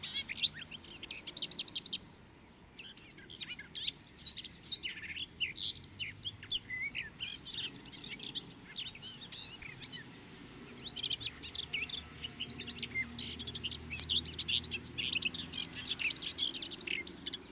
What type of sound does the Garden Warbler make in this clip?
song